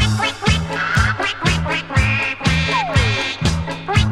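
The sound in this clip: Duck quacking, loud quacks repeated about twice a second in a steady rhythm, with a thin falling whistle mixed in.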